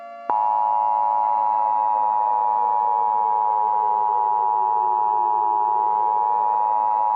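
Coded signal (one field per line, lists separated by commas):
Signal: Emergency Alert System (SAME) tones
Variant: 853 and 960 Hz attention tone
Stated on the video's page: Fictional EAS scenario, analog horror, simulated alert, not real.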